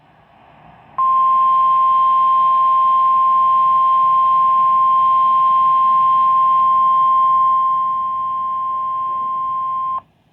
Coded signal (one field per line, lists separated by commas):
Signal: Emergency Alert System (SAME) tones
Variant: 1050 Hz attention tone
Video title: DAY ONE - EAS Alerts from 4/15/24 #38-39